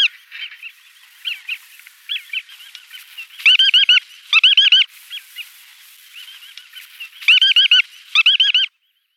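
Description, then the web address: Bar-tailed godwit calling in short bursts of rapid, nasal, bouncing notes, with quieter scattered notes between the bursts. "fagelljud nagra myrspov"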